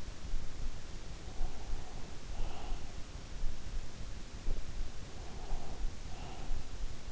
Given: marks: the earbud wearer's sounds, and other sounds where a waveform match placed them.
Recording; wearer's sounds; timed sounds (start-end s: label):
sounds in sleep by an in-ear microphone; breath
0.98-3.17 s: breath
5.16-6.85 s: breath